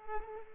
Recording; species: mosquito wingbeat signal from an infrared sensor; Culex pipiens